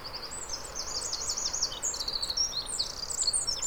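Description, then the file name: Eurasian wren song, a continuous stream of very high, fast trills and sharp twittering notes that barely pause. "Troglodytes troglodytes"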